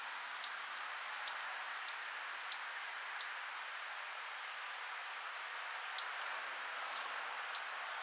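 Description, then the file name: White-throated Sparrow calls: thin, sharp high notes repeated at irregular intervals, five in quick succession and then two more after a pause, over faint background hiss. "Zonotrichia albicollis - White-throated Sparrow"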